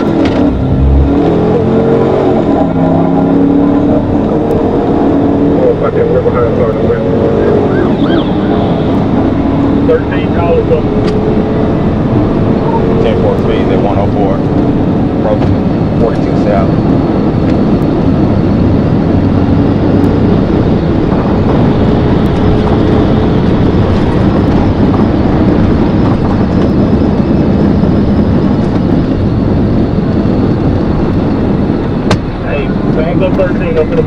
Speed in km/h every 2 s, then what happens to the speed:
97, 111, 127, 142, 153, 164, 171, 182, 188, 200, 200, 209, 209, 201, 188, 169, 148.
0-22 speeds up to 209. 22-34 brakes to 148.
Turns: none.